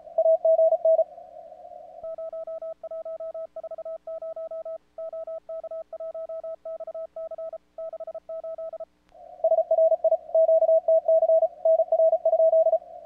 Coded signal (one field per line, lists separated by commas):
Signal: Morse code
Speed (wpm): 35 wpm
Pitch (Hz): 660 Hz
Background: none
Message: AGN 0140 OK1XC 68 SRI QTC NR?